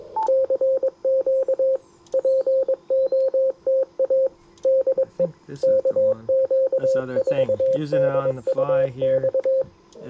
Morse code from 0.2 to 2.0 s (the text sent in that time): CQ